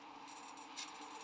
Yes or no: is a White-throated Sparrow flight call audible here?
no